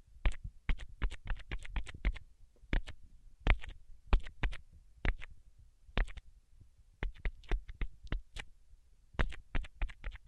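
Tapping with no talking: sharp, crisp taps in quick irregular bursts, several per second, broken by short pauses. Each tap has a bright click over a soft low knock. The rhythm clusters and breaks off, then resumes, through the whole stretch.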